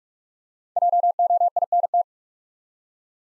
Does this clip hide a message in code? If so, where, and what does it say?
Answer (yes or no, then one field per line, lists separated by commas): yes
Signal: Morse code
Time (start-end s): 0.8-2.0 s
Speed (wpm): 44 wpm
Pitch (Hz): 700 Hz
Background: none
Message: JOINT